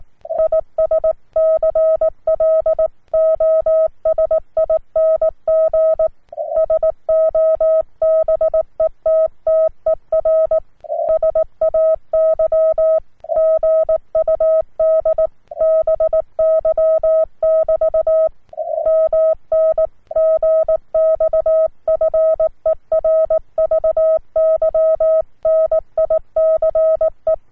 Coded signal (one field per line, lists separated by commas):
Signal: Morse code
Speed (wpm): 18 wpm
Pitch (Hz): 640 Hz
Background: none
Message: IS CLOSING SO BETTER SAY GUD BY <BT> MN GX FER VY NICE